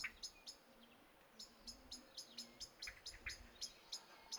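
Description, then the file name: Common blackbird calls: sharp, clicking chink notes repeated several times a second in loose runs, with a few softer lower notes between them over quiet background hiss. "Turdus merula"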